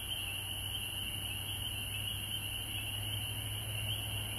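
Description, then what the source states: Frog chorus, a constant high band of calls over a prominent steady low hum that lasts throughout. Several frogs recorded at home in Georgia on March 19, 2020.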